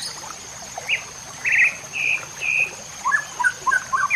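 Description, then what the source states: White-rumped shama holding several long, rich whistles, then breaking into quick varied warbling notes, over a steady high-pitched hum. Masteran (training recording for cage birds), murai batu Labaik.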